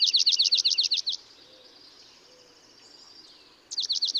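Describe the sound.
Dark-eyed junco trill of fast, slurred, down-up notes, breaking off, then starting again after a gap of about two and a half seconds.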